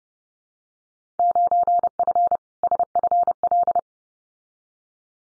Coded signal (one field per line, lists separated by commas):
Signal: Morse code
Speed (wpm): 30 wpm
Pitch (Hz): 700 Hz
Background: none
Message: 9F SFL